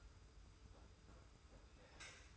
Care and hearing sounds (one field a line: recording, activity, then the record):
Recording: daily activity, microphone in the room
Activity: take from stove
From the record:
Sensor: 2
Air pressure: 991.0 hPa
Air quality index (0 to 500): 110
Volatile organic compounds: 48 ppm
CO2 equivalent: 3273 ppm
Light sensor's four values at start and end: 35/102/40/38 and 35/102/40/38